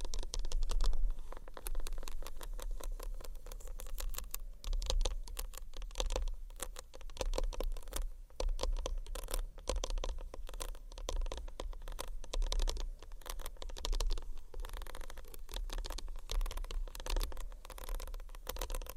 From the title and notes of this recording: ASMR Tiny Bottles Vs Textured Bag Which One You Choose（No Talking）.